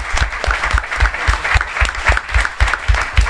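An audience claps together in the Tapilla Sixtina bar for the bar's manager, a dense, steady patter of many hands at a fairly loud level, with a few faint voices mixed under the applause.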